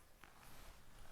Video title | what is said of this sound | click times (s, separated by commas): My Black Magic Pocket Cinema Camera 4K Rig | the XLR cable just goes click | 0.2 s